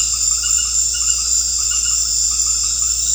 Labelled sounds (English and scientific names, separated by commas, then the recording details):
none
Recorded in secondary vegetation near Puerto Asís, Putumayo, Colombia, on 9 March 2025 at 19:00
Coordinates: 0.484, -76.319
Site G010